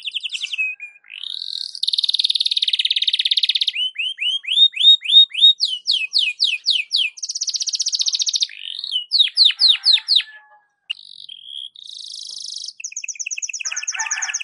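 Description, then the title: Belgian canary singing varied tours: buzzy rolls, chains of upward-sweeping whistles and rapid trills, with a brief pause near the end. Belgian canary song for warming up the birds in the morning, suitable as a tutor recording (masteran) for training birds. "Canto Para Esquentar Canário Belga. SUARA BURUNG KENARI DI PAGI HARI COCOK BUAT MASTERAN"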